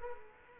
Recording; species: mosquito wingbeat signal from an infrared sensor; Culex quinquefasciatus